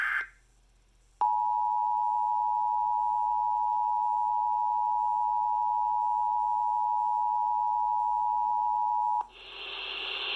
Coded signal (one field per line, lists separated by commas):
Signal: Emergency Alert System (SAME) tones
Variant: 853 and 960 Hz attention tone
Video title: EAS 1306 SVA #22